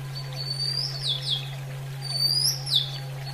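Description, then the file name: Oriental magpie-robin song: two phrases of a rising thin whistle that slides into quick descending slurred notes, over a constant low hum. Female bird. "kacer betina"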